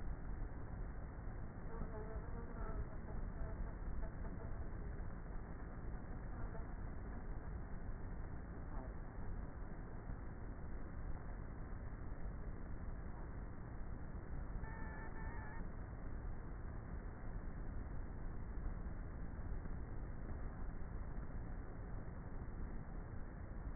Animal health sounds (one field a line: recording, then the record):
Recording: honeybee colony, microphone inside the hive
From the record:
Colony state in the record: queenless with a low population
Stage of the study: before two queens were removed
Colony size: about 30,000 bees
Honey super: no